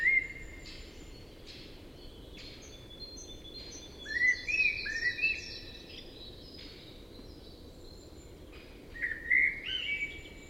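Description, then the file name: Common blackbird with repeated warbled phrases, rich low notes giving way to high squeaky flourishes, spaced a few seconds apart amid steady background rush. "Turdus merula"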